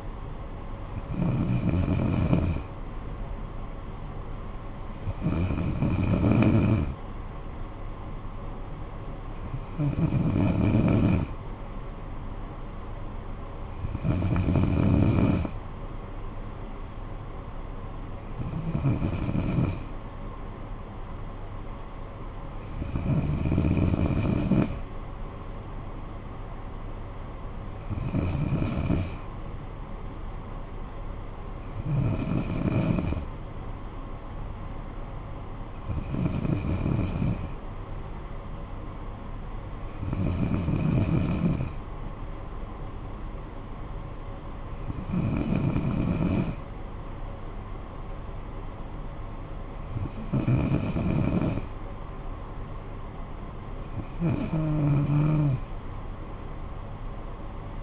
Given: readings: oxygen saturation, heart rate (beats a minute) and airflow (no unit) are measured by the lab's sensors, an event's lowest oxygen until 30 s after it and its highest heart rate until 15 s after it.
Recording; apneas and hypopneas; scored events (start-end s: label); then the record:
breathing in sleep by a smartphone at the bedside; none
none scored
From the record:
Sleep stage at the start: N2 (light sleep); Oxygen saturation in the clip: 94%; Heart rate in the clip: 57 to 62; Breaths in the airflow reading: 13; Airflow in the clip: -10.0 to 6.4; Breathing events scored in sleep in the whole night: 445 in 7.6 hours asleep